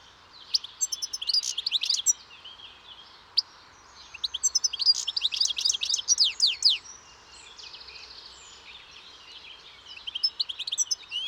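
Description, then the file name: European goldfinch song, rapid bursts of bright tinkling twitters and short buzzy notes, delivered in several spaced phrases with quiet pauses between them. "Carduelis carduelis"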